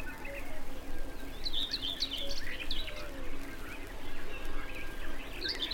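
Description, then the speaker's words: Common Whitethroat song, a hurried burst of scratchy twittering notes midway and again at the end. Hurried, twittering song delivered in flight as the bird rises fluttering into the air, then hides again in the bushes when the trill ends. "Это поет серая Славка."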